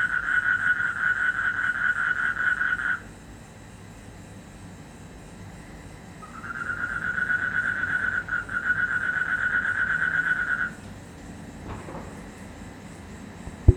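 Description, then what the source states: Frog call: a long, even, rapidly pulsed trill sounds for about three seconds, stops, then resumes for several seconds before stopping, leaving a quiet background. Indonesia, 2012.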